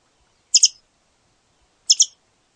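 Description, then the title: Scimitar-billed woodcreeper calls: two sharp, very high double chips separated by more than a second of silence. "LuckyPassaro Completos2Sama. Scimitar-billed Woodcreeper (Drymornis bridgesii)"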